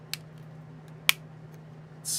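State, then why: Seated. During conversion of a transforming action figure, one plastic part is flipped down and another is moved up until the plastic joint locks. A faint tick at 0.1 s comes before a sharp, solid click at 1.1 s as the joint seats firmly in place, followed by a rising hiss near the end.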